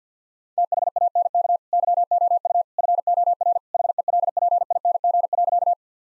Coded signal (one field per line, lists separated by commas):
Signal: Morse code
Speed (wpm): 50 wpm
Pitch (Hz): 700 Hz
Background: none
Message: THANK YOU FOR HELPING.